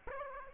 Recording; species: mosquito wingbeat signal from an infrared sensor; Aedes aegypti